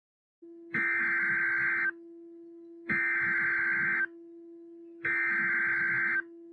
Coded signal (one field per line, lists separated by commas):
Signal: Emergency Alert System (SAME) tones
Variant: header bursts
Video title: Eas severe thunderstorm warning 4/9/2021